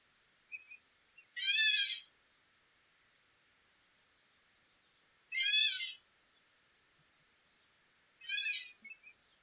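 Catbird calls: three harsh, nasal, slurred notes, each under a second long, spaced a few seconds apart, with silence between.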